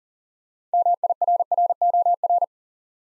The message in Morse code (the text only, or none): MIRROR